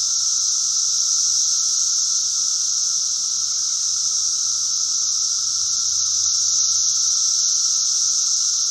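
Cicada call: a steady, unbroken high-pitched hissing buzz that holds an even level throughout, with a faint constant lower tone running beneath it.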